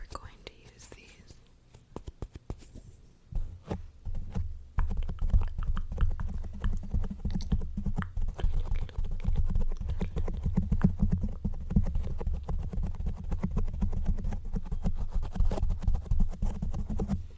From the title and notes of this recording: Lots of scratching and rough textures.